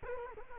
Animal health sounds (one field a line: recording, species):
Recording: mosquito wingbeat signal from an infrared sensor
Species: Culex quinquefasciatus